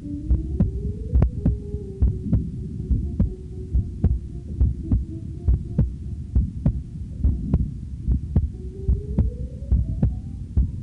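A normal adult human heartbeat, steady and regular at about 69 beats per minute, with deep low-pitched thumps over a background hum with gliding tones, heard in a heartbeat soundscape.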